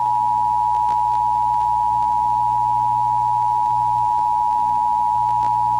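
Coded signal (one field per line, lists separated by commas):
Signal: Emergency Alert System (SAME) tones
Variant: 853 and 960 Hz attention tone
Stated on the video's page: Fictional World War Three nuclear EAS scenario, a remake made for entertainment.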